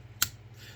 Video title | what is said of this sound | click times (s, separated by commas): Transformers Legacy Deluxe Cosmos Review | So just do that until you hear click, | 0.2 s